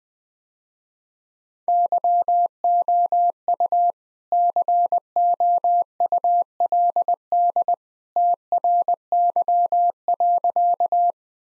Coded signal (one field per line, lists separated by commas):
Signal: Morse code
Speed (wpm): 20 wpm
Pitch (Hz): 700 Hz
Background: none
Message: YOU COULD TRY.